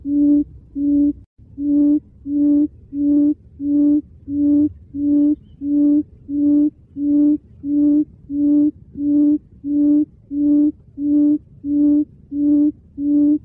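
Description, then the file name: Quail uttering a long series of steady low hoots, regularly spaced, with a brief dropout near the start. "Tieng cut um"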